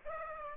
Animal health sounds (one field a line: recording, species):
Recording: mosquito wingbeat signal from an infrared sensor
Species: Aedes aegypti